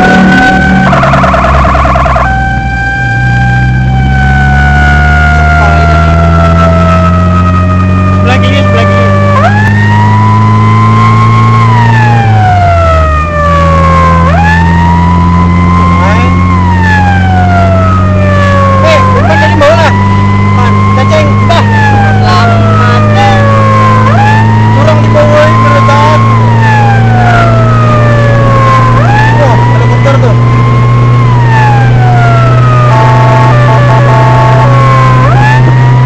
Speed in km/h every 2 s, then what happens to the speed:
36, 31, 35, 44, 49, 56, 59, 60, 65, 68, 72, 76, 79, 83, 85, 87, 89, 90.
3-11 speeds up to 59. 14-36 speeds up to 90.